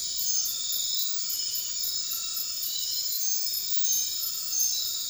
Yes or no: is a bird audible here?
no